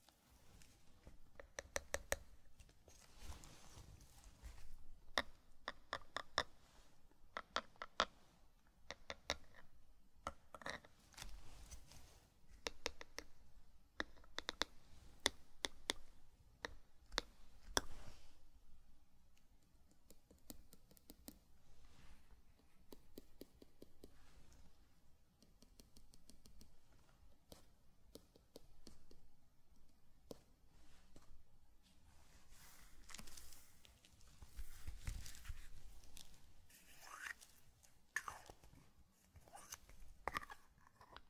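Crinkling, brushing and tapping sounds from a zen garden set, with sand and a cup handled in short bursts. Sharp clicks and scrapes come in dense clusters, heaviest early and again near 35 seconds, with a quieter, sparser stretch around 20 to 28 seconds.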